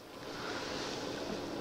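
A removed rotating dive-watch bezel from a Seiko SKX is placed back on the watch case, with the watch resting on a soft surface, and pressed down with the palm. Only a steady, broadband rushing noise is heard for 1.6 seconds, with no distinct click. Nothing has seated or clicked yet.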